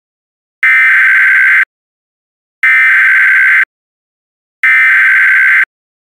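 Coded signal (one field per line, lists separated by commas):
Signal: Emergency Alert System (SAME) tones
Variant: header bursts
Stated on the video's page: Fictional EAS scenario in an audio drama.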